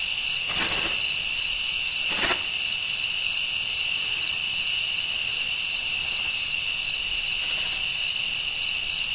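Cricket chirping, a shrill trill broken into regular short pulses, with a couple of brief faint knocks early on.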